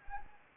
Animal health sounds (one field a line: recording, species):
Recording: mosquito wingbeat signal from an infrared sensor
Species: Anopheles arabiensis